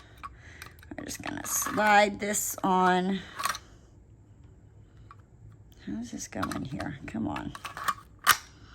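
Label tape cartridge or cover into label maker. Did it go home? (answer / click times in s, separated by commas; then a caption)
no / none. While making sticker labels, someone slides a label tape cartridge or cover onto a label maker and talks as they work it into position. Light taps and handling sounds are heard, with a sharper tap near 8.3 seconds. The part has not clicked into place or seated yet.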